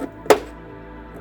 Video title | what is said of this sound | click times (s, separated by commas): MK2 Vauxhall Cavalier Unfinished Business PT3 SHOW READY...ISH | satisfying click on both i'm only getting on one of them at the moment | 0.3 s